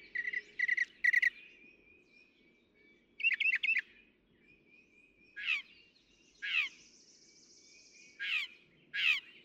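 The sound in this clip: Northern mockingbird song with shifting phrases: quick chattering notes, buzzy bursts, then sweeping down-slurred calls, over a low steady background hum.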